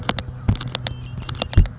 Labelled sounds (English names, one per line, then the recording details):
Red-winged Blackbird
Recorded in Sonoma County, California